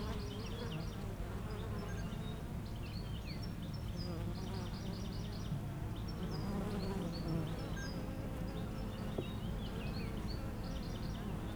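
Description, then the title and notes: Honey bees make a continuous low buzzing drone while small birds chirp high, bright repeated notes above it in the background. Foraging honey bees flying constantly to and from flowers between two hives at the Jardin Vagabond apiary, Aix-les-Bains, France; a few birds in the neighbouring wood. "41 Chem. de Memard, 73100 Aix-les-Bains, France - Les abeilles. Entre deux ruches du rucher du jardin vagabond à Aix-les-bains les abeilles sont en pleine collecte et font d'incessants aller retour vers les fleurs, quelques oiseaux dans le bois voisin"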